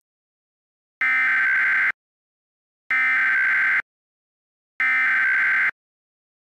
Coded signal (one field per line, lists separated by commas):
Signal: Emergency Alert System (SAME) tones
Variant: header bursts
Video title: eas community fun discord message